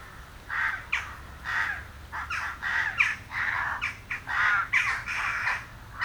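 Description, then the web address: Western jackdaws giving short, harsh 'chak' calls in a steady series throughout. "Effects 02-Birds, Insects Animals. Birds Crown Jackdaws"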